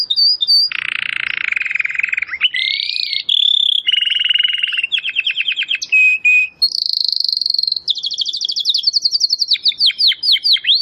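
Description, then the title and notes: Domestic canary song: loud sustained buzzy rolls, flat whistled tours and rapid trills changing every second or so, ending in sweeping chips. Belgian canary singing; labelled 'Campainha'. "Canário Belga Campainha Canary Singing. Canario Belga Cantando"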